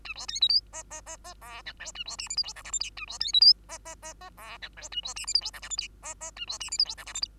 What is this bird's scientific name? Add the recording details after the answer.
Lonchura striata domestica. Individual Bird2